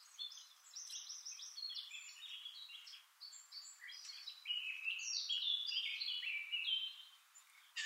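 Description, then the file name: Eurasian blackcap song: a continuous run of quick, slurred warbling notes, louder in its second half. "Sylvia atricapilla"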